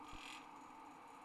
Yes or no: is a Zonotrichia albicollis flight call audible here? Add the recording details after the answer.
no. No flight call is heard. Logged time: 23:40 on 29 November 2014